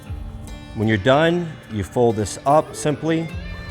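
Someone talks while the fold-down fabric seat on a turkey hunting vest, with a bottom of 600 denier material, is being folded back up toward its stowed position held by two strong magnets. The clip ends before the seat goes home, so the magnets have not clicked and nothing has seated yet.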